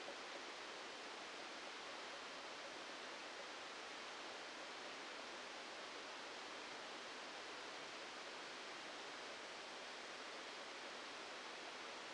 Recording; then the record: brain microelectrode recording played as sound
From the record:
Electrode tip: outside the subthalamic nucleus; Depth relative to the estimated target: -3 mm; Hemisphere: left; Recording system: NeuroSet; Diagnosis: Parkinson's disease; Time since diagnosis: 14 years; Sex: male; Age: 51 years